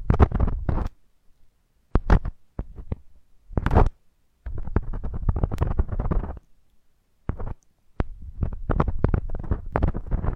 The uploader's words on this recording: Ultra-fine ear touch, immersive experience.